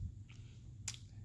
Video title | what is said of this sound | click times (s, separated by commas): Lenovo E560 RAM upgrade | it down until you hear it click on each side of the RAM there's a little spring-loaded | 0.9 s